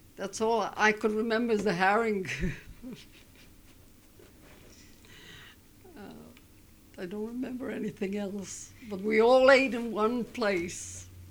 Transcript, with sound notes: that's all I could remember is the herring. (she laughs) I don't remember anything else. But we all ate in one place.